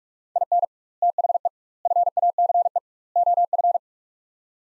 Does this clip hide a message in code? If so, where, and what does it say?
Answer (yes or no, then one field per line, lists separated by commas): yes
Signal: Morse code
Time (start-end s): 0.4-3.8 s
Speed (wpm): 41 wpm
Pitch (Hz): 700 Hz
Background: none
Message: IN THE FACE OF